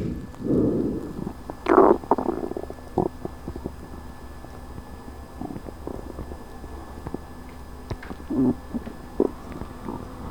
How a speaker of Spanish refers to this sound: Y un rugido de tripas para terminar, que se acerca a la hora de cenar.